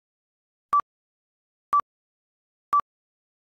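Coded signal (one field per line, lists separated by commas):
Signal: none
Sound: answering machine beep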